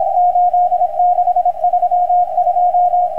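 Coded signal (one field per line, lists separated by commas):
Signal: Morse code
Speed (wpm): 26 wpm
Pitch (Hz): 720 Hz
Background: radio noise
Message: 8632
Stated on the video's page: Numbers station M12 in ICW on 9241 kHz, received in Montevideo on a Kenwood TS-2000 with an inverted V antenna for 40 m.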